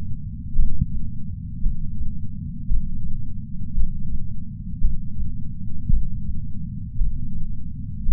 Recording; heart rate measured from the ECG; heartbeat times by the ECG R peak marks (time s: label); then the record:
heart sounds by patch sensor on the chest; 56 bpm
0.56 s: heartbeat
1.62 s: heartbeat
2.68 s: heartbeat
3.74 s: heartbeat
4.81 s: heartbeat
5.89 s: heartbeat
6.97 s: heartbeat
8.05 s: heartbeat
From the record:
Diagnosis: coronary artery disease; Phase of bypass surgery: intraoperative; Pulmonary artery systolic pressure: 30 mmHg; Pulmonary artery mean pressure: 21 mmHg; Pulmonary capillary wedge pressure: 19 mmHg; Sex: male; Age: 57 years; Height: 183 cm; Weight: 85 kg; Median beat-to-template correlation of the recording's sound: 0.88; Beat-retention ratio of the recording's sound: 1.00